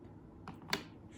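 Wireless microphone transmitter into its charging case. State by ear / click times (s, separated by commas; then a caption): seated / 0.7 s. A small plastic DJI Mic Mini wireless microphone transmitter is put back into its slot in the charging case. A light tap comes at about 0.5 s, then the transmitter drops into place with a short, sharp click at 0.7 s, seated.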